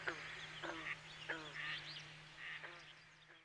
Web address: Dan Gibson Wildlife Identification By Sound, Eastern North America Pt 1. Black Duck